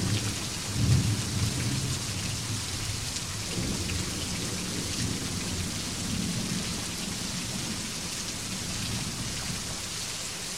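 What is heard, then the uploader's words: Steady rain falls in a dense, even hiss of drops striking a hard surface, unchanging throughout. A low rumble of thunder rolls underneath, strongest near the start around the first second and again softly near four and six seconds. The sound of raindrops hitting the ground or a roof.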